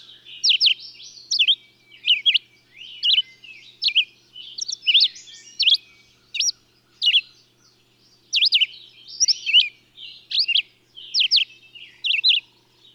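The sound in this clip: Bird song: crisp high chirps, often in doubled sweeping notes, with soft chatter between them.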